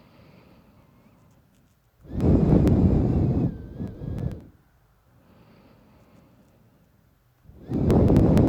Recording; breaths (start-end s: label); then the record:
nose breathing near a microphone
0.00-1.91 s: inhalation
1.91-4.97 s: exhalation
7.27-8.49 s: inhalation
From the record:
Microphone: phone